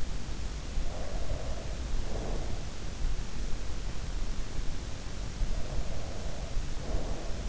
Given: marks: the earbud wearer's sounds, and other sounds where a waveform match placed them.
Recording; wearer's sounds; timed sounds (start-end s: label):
sounds in sleep by an in-ear microphone; breath
0.36-2.61 s: breath
5.40-7.48 s: breath